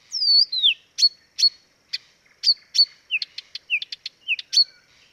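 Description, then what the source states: Blyth's reed warbler opening with a falling whistled slur, then spaced sharp notes and short slurred whistles. Dviete.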